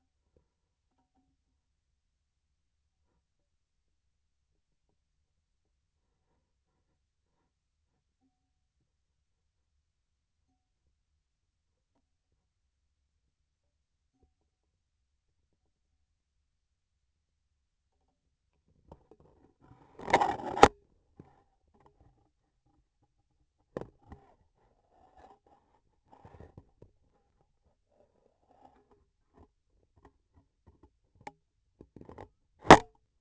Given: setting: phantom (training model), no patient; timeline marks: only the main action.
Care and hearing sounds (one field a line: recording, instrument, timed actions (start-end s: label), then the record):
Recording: laparoscopic instrument, vibration sensor on the handle end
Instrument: scissors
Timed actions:
32.50-33.12 s: cutting thread
From the record:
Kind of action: gesture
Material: cotton thread